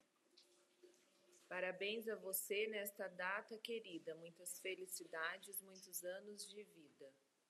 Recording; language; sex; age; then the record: short text; Brazilian Portuguese; female; 40 to 49 years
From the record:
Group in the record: control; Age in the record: 46 years